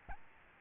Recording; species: mosquito wingbeat signal from an infrared sensor; Aedes albopictus